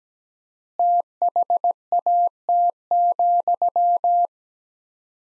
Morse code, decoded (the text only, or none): THAT,